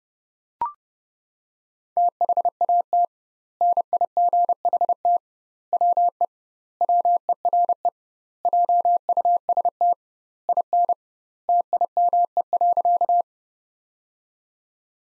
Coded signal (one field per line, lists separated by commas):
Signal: Morse code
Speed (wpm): 30 wpm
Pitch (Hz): 700 Hz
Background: none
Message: THAT NIGHT WE WERE JUST IN TIME.